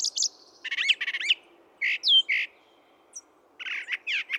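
Brown thrasher song in brief bursts: a quick rattled phrase, a clear down-slurred whistle, a pause, and a buzzy closing phrase.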